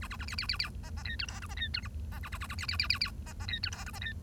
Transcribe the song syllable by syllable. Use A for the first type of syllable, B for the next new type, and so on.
A A A B B B B C C D E F G C D E H C A A A A B B B B B C C D E F G C D